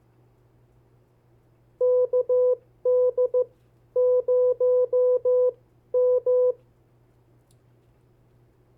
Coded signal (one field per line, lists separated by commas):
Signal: Morse code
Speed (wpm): 15 wpm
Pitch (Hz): 500 Hz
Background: none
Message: KD0M